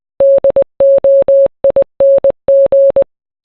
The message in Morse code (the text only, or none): DOING